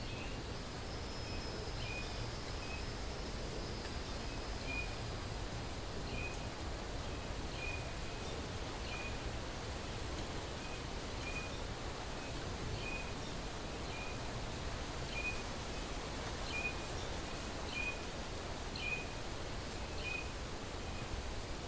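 Wild bamboo forest with a steady, dense rustling hiss that barely changes from start to finish. Short, bright chirps repeat roughly every second above it, and a thin high whine fades out in the first few seconds.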